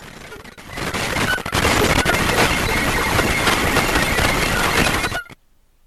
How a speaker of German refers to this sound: Na, muss ich meinen Schlüssel allerdings rausholen und der ist verdammt laut für die Frieda.